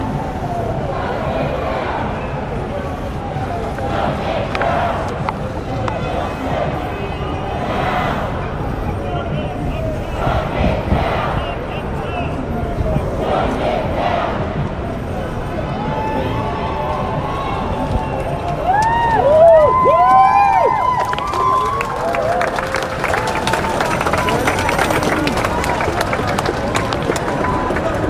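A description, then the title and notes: A peaceful protest in New York City: a steady murmur of many voices fills the whole clip, with rhythmic bursts of chanting in the first half. Around twenty seconds, whistles and sharp squeaks cut through, and the crowd grows louder and busier toward the end. The Sound Of A Protest. Today's episode features a segment of audio recorded at a peaceful protest in New York City.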